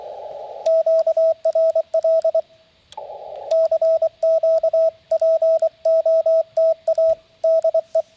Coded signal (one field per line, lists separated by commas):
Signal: Morse code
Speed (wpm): 23 wpm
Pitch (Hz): 650 Hz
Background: radio noise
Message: QRL CQ POTA DE